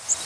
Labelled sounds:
Bay-breasted Warbler flight call

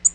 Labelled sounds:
Tennessee Warbler flight call

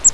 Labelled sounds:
Grace's Warbler flight call

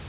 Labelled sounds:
Prairie Warbler flight call

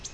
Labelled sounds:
Virginia's Warbler flight call

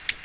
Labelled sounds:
Ovenbird flight call

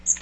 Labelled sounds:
Magnolia Warbler flight call

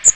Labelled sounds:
Magnolia Warbler flight call

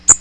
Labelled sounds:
Magnolia Warbler flight call

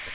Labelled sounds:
Magnolia Warbler flight call

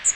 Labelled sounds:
Magnolia Warbler flight call

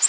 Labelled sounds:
Nashville Warbler flight call

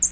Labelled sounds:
American Redstart flight call

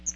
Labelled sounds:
Chestnut-sided Warbler flight call

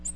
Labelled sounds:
Ovenbird flight call

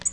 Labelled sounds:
Tennessee Warbler flight call

